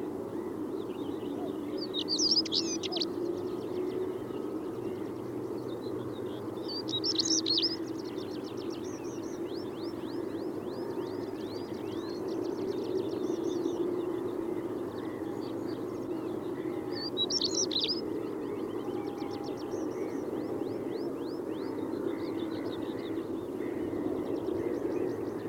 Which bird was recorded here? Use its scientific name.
Saxicola rubicola